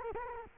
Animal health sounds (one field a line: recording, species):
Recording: mosquito wingbeat signal from an infrared sensor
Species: Culex quinquefasciatus